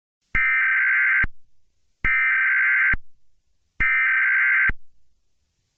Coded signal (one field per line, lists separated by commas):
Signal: Emergency Alert System (SAME) tones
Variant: header bursts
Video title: The Legendary Being|An original EAS Scenario